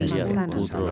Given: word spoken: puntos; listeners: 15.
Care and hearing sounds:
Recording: one Spanish word in noise, from a listening test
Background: four-talker babble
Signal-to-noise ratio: -1.8 dB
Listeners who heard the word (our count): 0 of 15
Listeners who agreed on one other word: 13 of 15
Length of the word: 0.51 s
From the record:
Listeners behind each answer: 13, 1, 1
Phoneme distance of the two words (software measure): 57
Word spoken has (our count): 2 syllables, 6 phonemes, stress on syllable 1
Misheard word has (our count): 3 syllables, 7 phonemes, stress on syllable 2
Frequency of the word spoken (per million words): 180.18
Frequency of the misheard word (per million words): 15.08

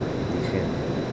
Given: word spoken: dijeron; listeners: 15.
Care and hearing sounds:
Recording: one Spanish word in noise, from a listening test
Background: speech-shaped noise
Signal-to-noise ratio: -6.2 dB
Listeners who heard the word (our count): 2 of 15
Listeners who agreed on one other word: 6 of 15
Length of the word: 0.72 s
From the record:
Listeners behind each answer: 6, 4, 2, 1, 1, 1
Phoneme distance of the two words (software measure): 17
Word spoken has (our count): 3 syllables, 7 phonemes, stress on syllable 2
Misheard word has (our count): 3 syllables, 6 phonemes, stress on syllable 2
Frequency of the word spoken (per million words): 45.71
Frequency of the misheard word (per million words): 16.95

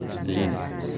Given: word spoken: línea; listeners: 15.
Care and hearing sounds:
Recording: one Spanish word in noise, from a listening test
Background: eight-talker babble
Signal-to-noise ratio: 0.8 dB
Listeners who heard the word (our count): 0 of 15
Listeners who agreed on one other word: 6 of 15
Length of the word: 0.58 s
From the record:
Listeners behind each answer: 6, 2, 1, 1, 1, 1, 1, 1, 1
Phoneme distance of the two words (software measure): 24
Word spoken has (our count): 3 syllables, 5 phonemes, stress on syllable 1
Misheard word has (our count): 2 syllables, 5 phonemes, stress on syllable 1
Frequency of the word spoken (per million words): 133.31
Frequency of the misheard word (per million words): 0.45

